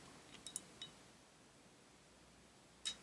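With the plunger held down, a new metal rear night sight is being pushed across the dovetail of a Walther PPQ pistol slide. Short, bright metallic ticks occur near 0.5, 0.6 and 0.8 seconds, then a quiet stretch and one more tick at 2.9 seconds. Nothing has seated or clicked into place yet.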